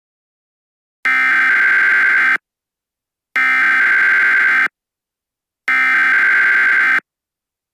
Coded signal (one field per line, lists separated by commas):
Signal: Emergency Alert System (SAME) tones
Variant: header bursts